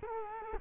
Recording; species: mosquito wingbeat signal from an infrared sensor; Culex quinquefasciatus